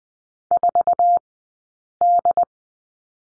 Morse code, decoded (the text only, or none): 4D